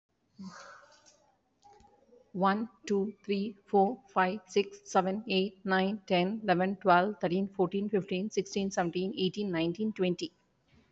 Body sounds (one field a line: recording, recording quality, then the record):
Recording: counting at a fast pace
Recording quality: excellent, no background noise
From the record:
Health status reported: recovered from COVID-19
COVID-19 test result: positive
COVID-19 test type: rapid antigen test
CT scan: not taken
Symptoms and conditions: cough, cold, sore throat, fever, muscle pain, diarrhoea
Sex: female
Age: 43 years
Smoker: no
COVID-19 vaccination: both doses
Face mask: worn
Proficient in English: yes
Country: India